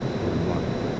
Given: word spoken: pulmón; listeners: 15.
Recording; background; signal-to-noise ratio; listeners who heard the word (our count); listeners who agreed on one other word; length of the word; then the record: one Spanish word in noise, from a listening test; speech-shaped noise; -4.0 dB; 2 of 15; 8 of 15; 0.60 s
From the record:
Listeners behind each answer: 8, 2, 1, 1, 1, 1, 1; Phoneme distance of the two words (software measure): 24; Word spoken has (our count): 2 syllables, 6 phonemes, stress on syllable 2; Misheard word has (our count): 2 syllables, 4 phonemes, stress on syllable 2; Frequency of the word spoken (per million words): 8.01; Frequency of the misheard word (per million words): 44.78